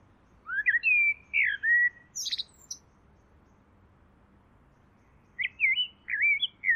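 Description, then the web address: Bird song: short whistled phrases of swooping, slurred notes, a brief high squeak, a long pause, then another slurred phrase. "Deverinetal. Bird Only"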